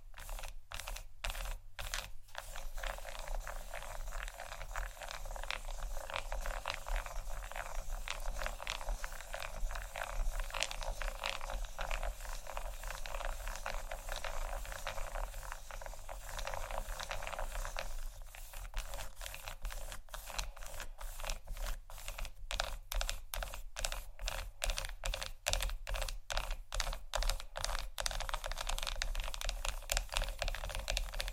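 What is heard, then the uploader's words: Tapping and scratching on chocolate: dense, bright clicky taps come in quick rapid bursts over a steady faint hiss, busiest near the start and end. ASMR Tap & Scratch On Chocolate （No Talking）.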